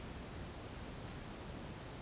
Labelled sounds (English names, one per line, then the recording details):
none
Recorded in dense forest near Puerto Asís, Putumayo, Colombia, on 23 June 2025 at 12:00
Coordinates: 0.486, -76.317
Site G065